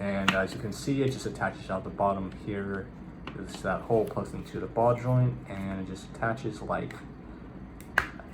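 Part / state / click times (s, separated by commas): toy speeder bike onto display stand ball joint / seated / 8.0 s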